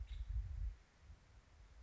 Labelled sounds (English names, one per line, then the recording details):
Nuttall's Woodpecker
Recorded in Sonoma County, California